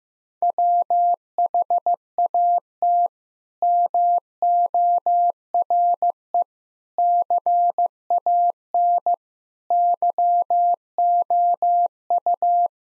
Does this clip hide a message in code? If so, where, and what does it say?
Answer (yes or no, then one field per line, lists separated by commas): yes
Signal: Morse code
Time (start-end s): 0.4-12.7 s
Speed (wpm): 15 wpm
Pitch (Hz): 700 Hz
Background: none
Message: WHAT MORE CAN YOU